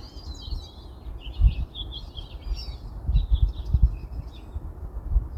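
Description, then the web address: Birdsong of quick high chirps and twittering phrases, with thumping low knocks and rumbling underneath. "Zhao Yuhao Birdsong"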